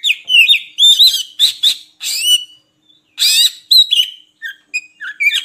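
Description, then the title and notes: Oriental magpie-robin delivering fast varied song: warbled whistles, harsh buzzy bursts, brief gaps, then short sweet whistled notes. Song for training birds to sing actively day and night. "Kacer Jadi Gacor Siang Malam. Isian Kacer Durasi Panjang"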